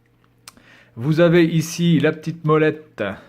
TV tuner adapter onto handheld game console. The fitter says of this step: Ça se clipse sans aucun problème.